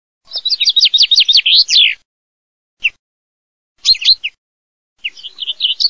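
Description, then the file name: Common chaffinch singing a fast rattling series of sharp notes ending in a flourish, then a few isolated chips and the start of a fresh trill after short pauses. "FRINGUELLOBEL"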